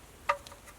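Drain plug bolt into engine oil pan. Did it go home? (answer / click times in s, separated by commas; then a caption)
no / none. The oil pan drain plug bolt of a Hyundai Kona engine is twisted counterclockwise by hand against the pan threads to find the start position before being turned clockwise. Only brief handling ticks are heard, a sharp ringing one at 0.3 s and a fainter one at 0.5 s, against a quiet background. Nothing has seated or clicked yet.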